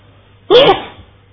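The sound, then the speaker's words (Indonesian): A single loud sneeze bursts out suddenly during a recorded Islamic study session in Cirebon. It is a sharp, breathy blast with a brief voiced edge that fades within a moment, leaving only a faint low hum behind. “Alhamdulillah.”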